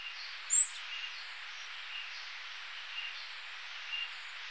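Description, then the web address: Orange-breasted fruiteater giving one thin, very high whistled note that rises, lasting under half a second, over a faint steady background hum. In Ecuador. "Birds of Ecuador. Orange-breasted Fruiteater"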